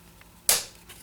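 A plastic battery door on a First Alert CO615 plug-in carbon monoxide alarm is pried open. After a faint tick at 0.2 s, a sharp, bright snap at 0.5 s rings briefly and fades as the latch releases. The door comes out much more easily this time.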